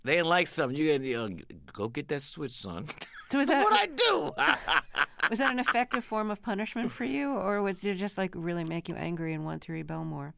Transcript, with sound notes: They didn't like something, you had to - go get that switch, son.
So was that...
What'd I do? (Laughter)
Was that an effective form of punishment for you or was - did it just, like, really make you angry and want to rebel more?